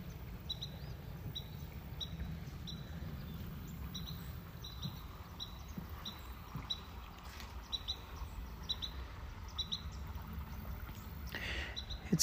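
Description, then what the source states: Carolina wren calling with a series of short, high chirps, with a steady low rumble beneath and a brief sharp noise near the end. Calling persistently at close range at a wetlands center in Georgia.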